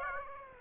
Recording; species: mosquito wingbeat signal from an infrared sensor; Aedes aegypti